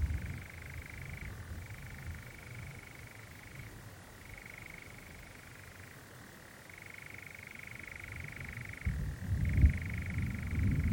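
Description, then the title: European Nightjar churring softly, its rapid reeling trill shifting between two pitches, largely masked by heavy low rumbling that swells near the end. Nocturnal bird churring on a warm June summer evening, on a hill in the Brecon Beacons, amid honeysuckle and foxgloves. "Sound Escape 20: the mesmerising churring of a nightjar on a summer's night"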